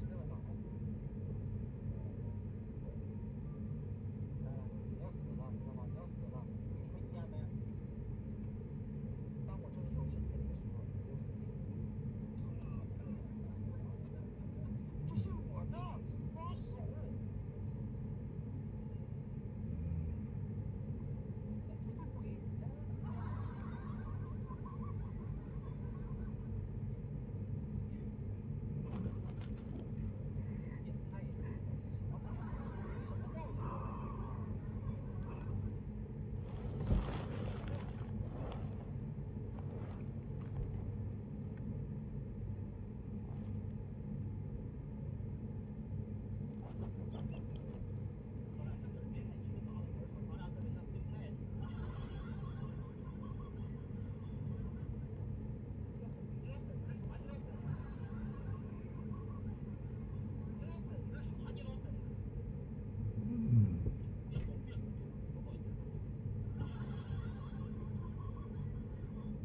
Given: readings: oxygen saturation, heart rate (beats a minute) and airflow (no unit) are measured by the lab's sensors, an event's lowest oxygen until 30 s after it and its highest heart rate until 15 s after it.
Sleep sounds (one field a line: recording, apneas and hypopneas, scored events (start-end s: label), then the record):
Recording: a person awake in a sleep study, by a smartphone at the bedside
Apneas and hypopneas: none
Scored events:
0.00-69.45 s: awake
0.00-69.45 s: awake
From the record:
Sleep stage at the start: awake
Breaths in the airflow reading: 26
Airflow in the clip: -0.7 to 0.6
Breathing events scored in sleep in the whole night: 496 in 5.4 hours asleep